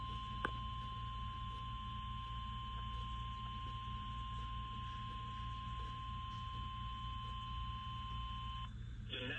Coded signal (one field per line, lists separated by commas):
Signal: Emergency Alert System (SAME) tones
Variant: 1050 Hz attention tone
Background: speech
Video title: EAS Severe Thunderstorm Warning FM Radio EAS#274